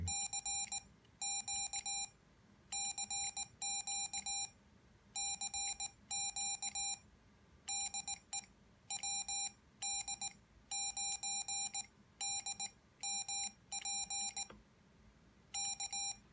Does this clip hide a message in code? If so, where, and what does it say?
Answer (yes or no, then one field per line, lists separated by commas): yes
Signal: Morse code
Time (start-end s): 0.1-16.1 s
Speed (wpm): 19 wpm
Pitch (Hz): 800 Hz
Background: none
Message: CQ CQ CQ DE WD9DMP K